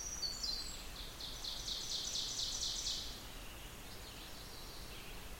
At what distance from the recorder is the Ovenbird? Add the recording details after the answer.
about 65 m. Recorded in boreal forest in Alberta, Canada, on 16 June 2016 at 05:26. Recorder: SongMeter 3, array SBT-3-32. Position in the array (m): 136 m, 57 m. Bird 36